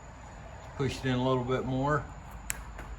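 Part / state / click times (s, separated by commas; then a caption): door bolt/latch into French door frame / seated / 2.5 s. A bolt or latch button on a newly installed French door is pushed in further until it clicks into place in the door frame. Someone talks, then a sharp click sounds at 2.5 seconds as the bolt seats and holds tight.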